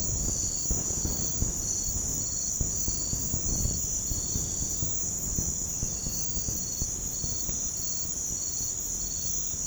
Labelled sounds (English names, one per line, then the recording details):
none
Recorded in pastures near Puerto Asís, Putumayo, Colombia, on 21 March 2025 at 05:30
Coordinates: 0.505, -76.324
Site GP08